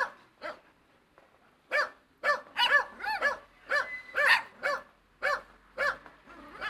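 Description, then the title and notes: Dog barking in quick, uneven bursts, sharp yelping barks roughly twice a second with short pauses between runs. Two dogs shut inside a car at a parking lot at midday, Turmstrasse, Monheim, North Rhine-Westphalia; nearfield recording. "monheim, turmstrasse, 2 hunde im auto. mittags am parkplatz, zwei hunde in einem auto. soundmap nrw"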